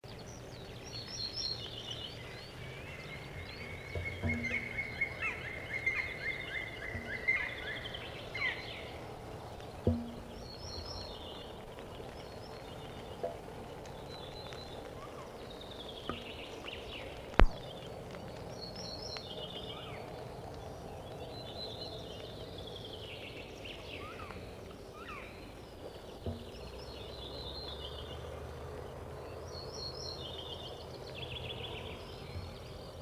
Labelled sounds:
Black Woodpecker
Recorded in the wild
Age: adult
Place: Forst Grieben, Altmark, Sachsen-Anhalt, DE
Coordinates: 52.45, 11.95
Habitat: wood
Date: 1963-05-29
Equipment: R 20, Transistorverstärker
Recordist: Lippert, Wolfgang

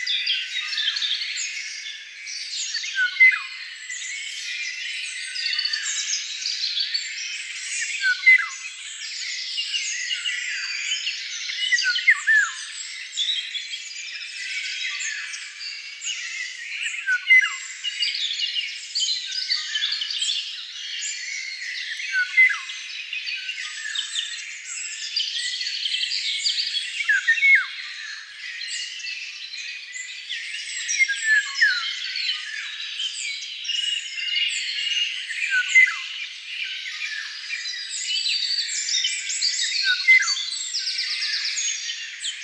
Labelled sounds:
Eurasian Golden Oriole song
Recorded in the wild
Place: Waltershofen / Freiburg im Breisgau, Baden-Württemberg, DE
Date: 1996-05-12
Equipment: Dat-Recorder Casio DA 7, Telinga DAT, Telinga-Parabolspiegel
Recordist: Schwarz, Dieter
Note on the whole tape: Song

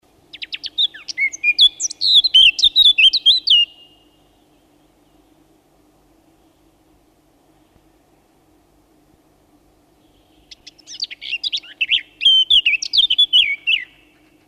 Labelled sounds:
Eurasian Blackcap song
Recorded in the wild
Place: Kressbronn, DE
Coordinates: 47.5956, 9.59917
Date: 1971-06-17
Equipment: Uher Report 4200, AKG D190C in Doppel-Parabolreflektor
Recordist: Krey, Winfried

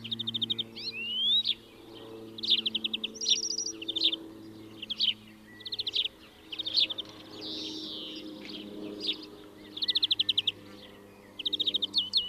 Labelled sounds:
European Greenfinch song
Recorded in the wild
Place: Kaiserslautern, Rheinland-Pfalz, DE
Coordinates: 49.4284, 7.7788
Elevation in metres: 279
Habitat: garden
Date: 1977-06-17
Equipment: Nagra IV, Sennheiser MKH 405, Parabolreflektor
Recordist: Tretzel, Erwin

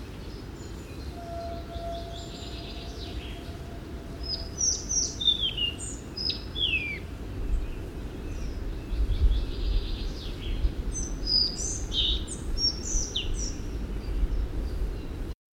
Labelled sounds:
Collared Flycatcher song
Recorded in the wild
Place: Sinaia, Transilvania, RO
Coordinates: 45.331, 25.562
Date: 1976-05-28
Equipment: Nagra III BH, Sennheiser MD 21, parabola
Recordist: Schubert, Michael
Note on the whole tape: Gesang Halsbandschnäpper

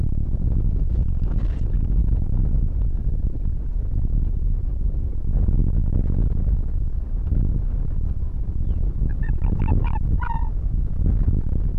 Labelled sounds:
Arctic Fox
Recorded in the wild
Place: Insel Mednyi, Kommandeur-Inseln, RU
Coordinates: 54.5167, 168.083
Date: 1999-08-05
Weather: 7°C, bedeckt, starker Westwind
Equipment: Sony WM-D6C, Sennheiser ME 80, K 30 AV, Windkorb, Kopie Tascam DA 30
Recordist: Jakupi, Antje

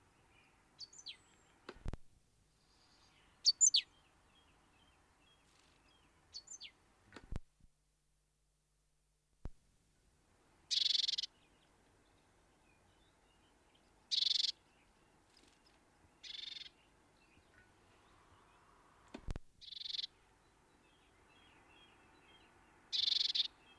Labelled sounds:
Great Tit
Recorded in the wild
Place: Garmisch-Partenkirchen, Bayern, DE
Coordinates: 47.4892, 11.1467
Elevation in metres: 956
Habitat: mountains
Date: 1973-04-26
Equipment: Nagra IV, Sennheiser MKH 405, Parabolreflektor
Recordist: Tretzel, Erwin

